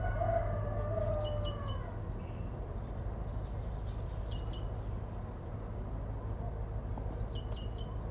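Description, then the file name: Great tit calls: three bursts of sharp, high, downward-sweeping notes, about every three seconds, over a steady low hum. "Parus major"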